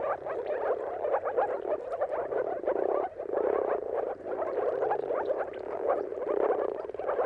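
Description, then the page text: Moor frog chorus of many overlapping calls, a steady burbling wash of short pulses with brief dips in loudness. Moor frogs in a mating chorus at sunrise, at the turn of March and April, timing depending on the weather. "Jakub-Orzecki moor frogs. Dawn’s Chorus: Mating Calls of Marsh Frogs at Sunrise. Depending on the weather at the turn of March and April, you can witness an amazing spectacle of moor frogs. earth.fm"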